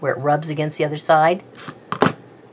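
Someone talks while closing the lid of a small reused craft holder back onto its base after an item has been put inside. After the talking, a soft rub is followed by two sharp snaps at 1.9 s and 2.0 s as the lid shuts into its original shape, and the closure is confirmed seated.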